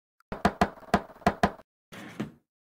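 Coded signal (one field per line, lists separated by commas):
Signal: tap code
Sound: five door knocks in a two-one-two rhythm, followed by a short rustle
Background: game sound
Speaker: so ist nicht das geheime club ch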